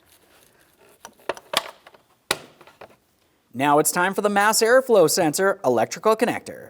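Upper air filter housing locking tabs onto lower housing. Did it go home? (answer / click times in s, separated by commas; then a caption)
yes / 2.3 s. On a 2007-2014 Ford Edge 3.5L, the plastic upper air filter housing is lined up on the lower housing and its two locking tabs are pressed in. After a few light taps, a sharp click sounds at 2.3 s as the tabs lock and the housing seats. Someone then talks.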